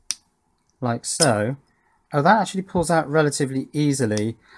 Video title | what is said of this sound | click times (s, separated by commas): MC4 Solar Connector, Cable and Crimp Tool Issues | here so this pushes in and then clicks in place like | 0.1 s